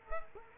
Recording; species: mosquito wingbeat signal from an infrared sensor; Culex quinquefasciatus